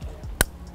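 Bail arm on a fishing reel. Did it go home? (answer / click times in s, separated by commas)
yes / 0.4 s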